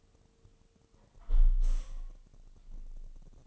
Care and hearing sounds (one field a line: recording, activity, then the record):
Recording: daily activity, microphone in the room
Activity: close window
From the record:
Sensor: 4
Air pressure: 1000.7 hPa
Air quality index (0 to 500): 243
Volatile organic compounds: 41 ppm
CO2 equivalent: 3161 ppm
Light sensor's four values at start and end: 9/20/8/8 and 9/20/8/7